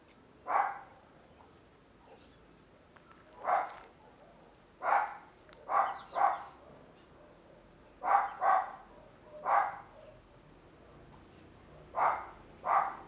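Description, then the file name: Dog giving short sharp barks, single or in quick pairs, repeated irregularly every one to three seconds over a faint steady hiss. Small dog barking near a corridor. "Cachorro de pequeno porte latindo perto de corredor"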